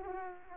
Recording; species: mosquito wingbeat signal from an infrared sensor; Aedes aegypti